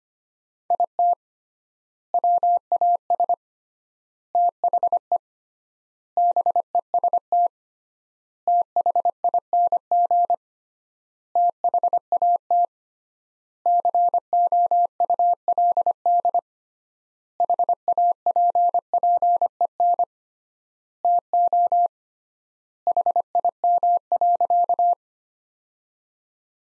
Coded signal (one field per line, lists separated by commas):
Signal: Morse code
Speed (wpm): 25 wpm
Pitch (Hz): 700 Hz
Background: none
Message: IT WAS THE BEST THING THAT COULD HAPPEN TO HIM.